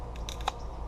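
A bushcraft knife is pushed back into its sheath, which has a built-in sharpener. Sharp clicks sound at 0.3 s and 0.5 s, with a softer tick in between, and the blade seats in the sheath.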